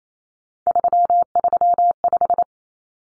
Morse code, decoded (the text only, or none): 335